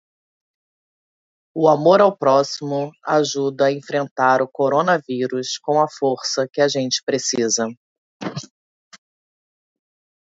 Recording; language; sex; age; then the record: spoken sentence; Brazilian Portuguese; female; 40 to 49 years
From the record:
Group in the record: control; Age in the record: 44 years